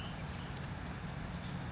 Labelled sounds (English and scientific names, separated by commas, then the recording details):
Chestnut-backed Chickadee (Poecile rufescens)
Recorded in Sonoma County, California